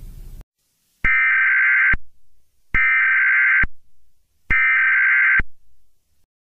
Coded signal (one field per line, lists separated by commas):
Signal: Emergency Alert System (SAME) tones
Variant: header bursts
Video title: EAS Scenario - Hide